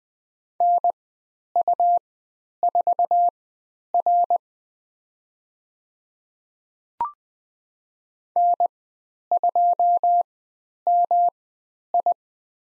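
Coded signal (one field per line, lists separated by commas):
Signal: Morse code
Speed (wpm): 20 wpm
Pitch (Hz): 700 Hz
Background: none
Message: NU4R N2MI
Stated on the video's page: Morse code lesson on the letter M with call signs, Farnsworth speed 20/10 wpm.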